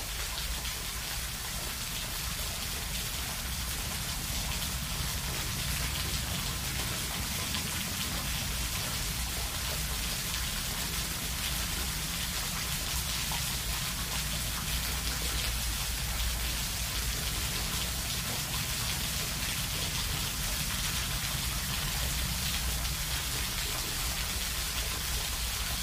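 A waterfall pours into a small pool, making a steady, dense rush of splashing water that holds even from start to finish. The sound is full, with a deep rumble underneath and a bright, hissing spray on top, like heavy rain.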